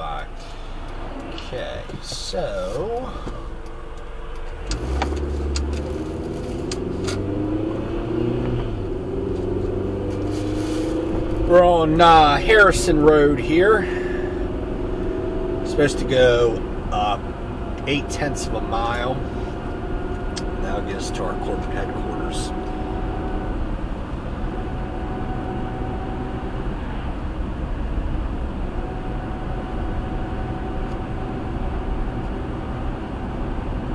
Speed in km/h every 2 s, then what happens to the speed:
0, 0, 13, 27, 39, 52, 58, 64, 68, 72, 74, 76, 79, 77, 77, 76, 77.
0-3 standing. 3-23 pulls away to 79. 23-34 steady at about 77.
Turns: none.